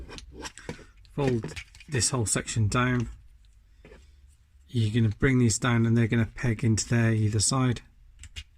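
Someone talks while handling a plastic transforming-car toy robot figure, folding its leg sections down so that two pegs will go into the sockets on either side of the figure's body. Only faint plastic ticks and handling noises are heard between the words. Nothing has seated or clicked into place yet.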